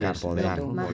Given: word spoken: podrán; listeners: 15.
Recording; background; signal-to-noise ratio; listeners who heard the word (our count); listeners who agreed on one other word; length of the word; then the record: one Spanish word in noise, from a listening test; four-talker babble; 0.1 dB; 0 of 15; 6 of 15; 0.53 s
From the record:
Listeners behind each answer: 6, 2, 2, 1, 1, 1, 1, 1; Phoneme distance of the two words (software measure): 21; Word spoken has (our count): 2 syllables, 6 phonemes, stress on syllable 2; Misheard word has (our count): 2 syllables, 5 phonemes, stress on syllable 2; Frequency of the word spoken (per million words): 60.61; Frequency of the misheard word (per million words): 438.52